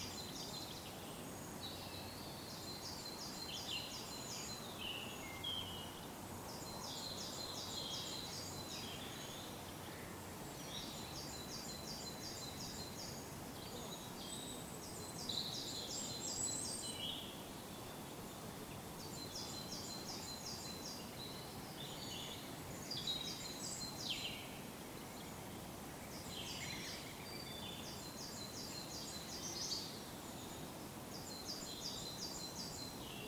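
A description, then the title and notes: Spring birdsong by a woodland pool, led by a bird repeating a quick, bright phrase of rapid notes every few seconds throughout. Other small birds call more faintly between phrases, over a steady low outdoor hum that fills the background. Where the heath meets the woods by a pool, deep in the New Forest, the warm spring sun stirs many birds into song. Recorded by Fergus Collins. Spring birdsong by a woodland pool deep in the New Forest.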